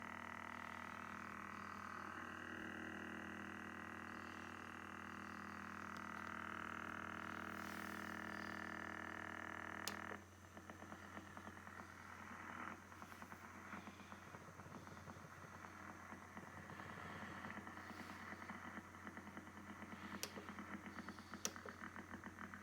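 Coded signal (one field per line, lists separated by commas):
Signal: radar signal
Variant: Russian Woodpecker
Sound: loud rapid tapping buzz for ten seconds, then abruptly quieter crackling static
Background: radio static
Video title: New Russian Woodpecker silenced by the Yaesu FTDX101-MP receiver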